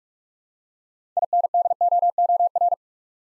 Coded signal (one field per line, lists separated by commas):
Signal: Morse code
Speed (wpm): 44 wpm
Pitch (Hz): 700 Hz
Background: none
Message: INDOOR